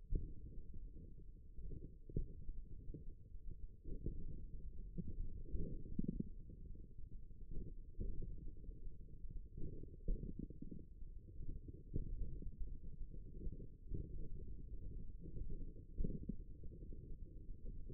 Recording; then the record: forearm muscle sounds (acoustic myography)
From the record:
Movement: hand opening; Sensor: system 1, eight BSWA MPA416 microphones around the upper forearm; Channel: 7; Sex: male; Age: 54 years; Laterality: right